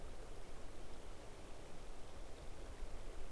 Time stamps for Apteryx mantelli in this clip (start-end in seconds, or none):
none